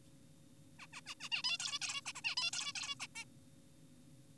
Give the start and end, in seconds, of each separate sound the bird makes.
0.79-0.86, 0.93-1.01, 1.06-1.15, 1.20-1.29, 1.32-1.42, 1.44-1.58, 1.60-1.79, 1.82-2.02, 2.06-2.12, 2.15-2.22, 2.24-2.35, 2.37-2.51, 2.53-2.72, 2.76-2.95, 3.00-3.07, 3.16-3.25